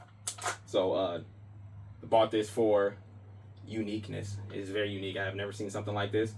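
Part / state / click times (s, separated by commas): magazine into carbine magwell / seated / 0.3 s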